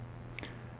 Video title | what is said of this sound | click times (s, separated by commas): Fast Rowboats You Can Row With Your Feet | The ores snap into place. | 0.4 s